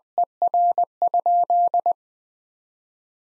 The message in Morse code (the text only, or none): ER?